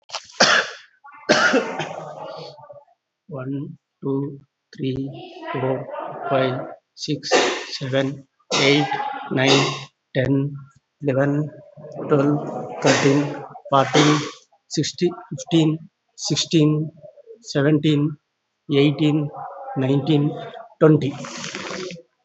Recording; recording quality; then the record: counting at a normal pace; excellent, no background noise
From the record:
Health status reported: COVID-19 positive, mild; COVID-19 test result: positive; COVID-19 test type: RT-PCR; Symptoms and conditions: cough, cold, fever, fatigue, loss of smell and taste, hypertension, diabetes, another condition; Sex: male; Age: 56 years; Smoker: no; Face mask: not worn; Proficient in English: yes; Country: India